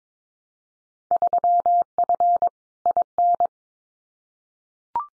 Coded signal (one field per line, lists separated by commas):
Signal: Morse code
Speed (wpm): 22 wpm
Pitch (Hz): 700 Hz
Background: none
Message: 3F IN